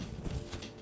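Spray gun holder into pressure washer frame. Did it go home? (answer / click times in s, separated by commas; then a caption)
no / none. A plastic spray-gun holder is handled at its slot on the body of a Wholesun 3000 psi, 2.4 gpm electric pressure washer during assembly. Low, muffled rumbling handling noise with soft rustling and no sharp transient is heard. Nothing has seated or clicked yet.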